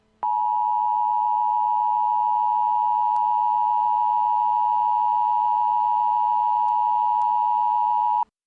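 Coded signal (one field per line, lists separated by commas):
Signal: Emergency Alert System (SAME) tones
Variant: 853 and 960 Hz attention tone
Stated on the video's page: Fictional EAS broadcasts recreated for crossover episodes, with text-to-speech voices.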